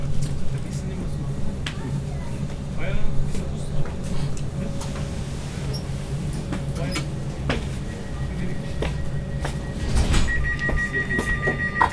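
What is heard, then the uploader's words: A train ride through Vienna, with a steady low rumble and hum of the train running under everything. People talk throughout, and sharp clicks and knocks come every second or so. Near the tenth second a bright electronic tone begins and holds to the end. Recorded on a train-ride through Vienna.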